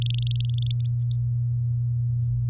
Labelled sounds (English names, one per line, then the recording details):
Domestic Canary song
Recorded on 7 May 2018 at 19:44
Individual llb16